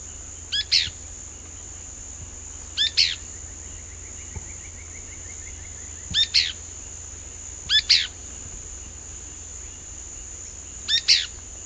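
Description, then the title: Pale-breasted spinetail repeating its abrupt two-note call at irregular intervals, five times, with a faint trill and a steady high background hiss. Subspecies Synallaxis albescens josephinae, assumed from the location. "LuckyPassaro Completos2Sama. Pale-breasted Spinetail (Synallaxis albescens josephinae (ssp assumed from location))"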